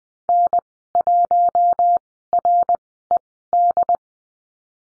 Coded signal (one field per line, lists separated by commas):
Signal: Morse code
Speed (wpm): 20 wpm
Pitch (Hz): 700 Hz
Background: none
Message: N1RED